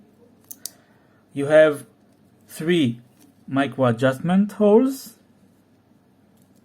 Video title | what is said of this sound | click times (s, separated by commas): Wolbrook Skindiver Automatic Review | Now, it's a milled clasp. Very nice operation. Nice click to it. | 0.5 s, 0.7 s